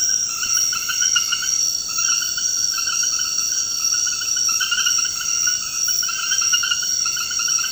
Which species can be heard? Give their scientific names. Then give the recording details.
none. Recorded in dense forest near Puerto Asís, Putumayo, Colombia, on 20 February 2024 at 22:30. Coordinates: 0.472, -76.329. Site G6394